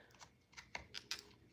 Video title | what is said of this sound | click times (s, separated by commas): Laundry & Chat : Sharing My Favorite Cleaning Tools | you hear it click | 1.1 s